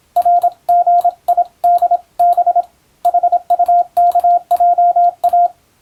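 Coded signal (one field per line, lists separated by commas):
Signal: Morse code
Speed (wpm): 26 wpm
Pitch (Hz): 700 Hz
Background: radio noise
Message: RGIDB HUKJA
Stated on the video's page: Morse receiving practice for the Japanese radiotelegraph operator national exam, using telegram practice text.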